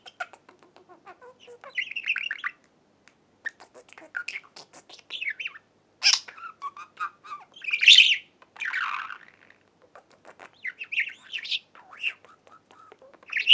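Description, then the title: Budgerigar chatter: scattered squawks and chirps with harsh bursts near six and eight seconds, quiet gaps between, several brief bright notes. "Budgie Sounds"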